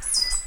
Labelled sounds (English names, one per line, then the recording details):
Stitchbird song
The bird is a male
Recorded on Tiritiri Matangi Island, New Zealand, in 2005
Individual 5, of nest box 6